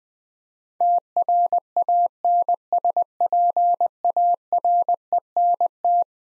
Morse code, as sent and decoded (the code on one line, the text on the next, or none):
- .-. .- -. ... .--. .- .-. . -. -
TRANSPARENT